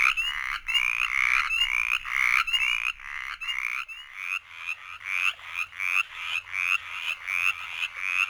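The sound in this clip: Mountain chorus frog: longer raspy trills at first, then a steady, rapid run of short rattling calls.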